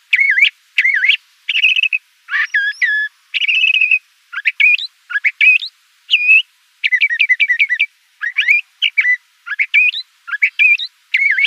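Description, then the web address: Le Conte's thrasher song, an extended sequence of varied phrases: sharp rising whistles, buzzy trills and rapid repeated notes, with brief pauses throughout. Arizona; dated 011004. "Sound Library Mimids AZFO LCTH deviche 011004"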